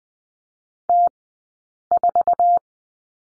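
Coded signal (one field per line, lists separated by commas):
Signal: Morse code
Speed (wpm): 20 wpm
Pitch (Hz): 700 Hz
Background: none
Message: T4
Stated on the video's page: Morse code course lesson on letter R, two-character groups, Farnsworth speed 20/10 wpm.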